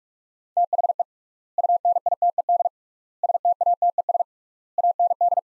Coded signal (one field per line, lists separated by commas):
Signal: Morse code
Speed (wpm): 41 wpm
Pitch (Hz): 700 Hz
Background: none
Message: THE UNITED STATES AND